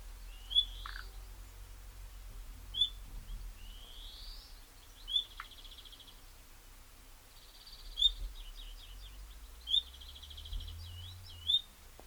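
Common nightingale song, rising whistles, sharp notes and fast rattling trills with warbled loops, phrases separated by pauses of a second or more, faint low rumble beneath.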